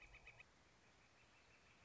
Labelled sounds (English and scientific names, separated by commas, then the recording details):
Northern Flicker (Colaptes auratus)
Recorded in Sonoma County, California